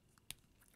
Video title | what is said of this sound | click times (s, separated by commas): Fire Department Ladder Unit with Lights and Sounds by Playmobil for City Action segment | pop it and wow makes it look like just like it the just like on the box see here's a picture of it on the box | 0.3 s